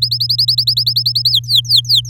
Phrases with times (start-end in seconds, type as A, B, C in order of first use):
0.02-1.30 A, 1.31-2.09 B